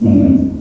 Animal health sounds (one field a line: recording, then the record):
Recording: squeal of a Yucatan mini pig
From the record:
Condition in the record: after surgery on the right vocal fold (resection and tissue-engineered implant)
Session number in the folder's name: 5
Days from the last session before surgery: 33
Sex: female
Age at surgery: 19 weeks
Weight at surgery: 25 kg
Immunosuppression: prednisolone